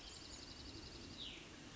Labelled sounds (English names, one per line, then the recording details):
Cassin's Vireo
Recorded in Sonoma County, California